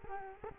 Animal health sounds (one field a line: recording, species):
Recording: mosquito wingbeat signal from an infrared sensor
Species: Culex quinquefasciatus